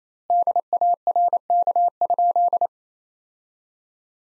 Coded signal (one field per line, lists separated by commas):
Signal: Morse code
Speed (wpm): 28 wpm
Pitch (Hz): 700 Hz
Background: none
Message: DARK?